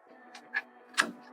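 The two plastic retention clips at the ends of a motherboard DIMM slot are pushed down to open the slot before the RAM goes in. A faint tick at 0.4 s precedes two sharp clicks as the clips snap open, at 0.6 s and a louder one at 1.0 s, over a low steady hum. The slot is released and open.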